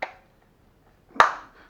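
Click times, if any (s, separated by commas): 1.2 s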